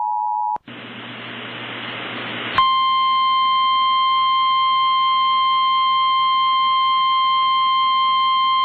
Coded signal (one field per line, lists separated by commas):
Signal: Emergency Alert System (SAME) tones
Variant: 853 and 960 Hz attention tone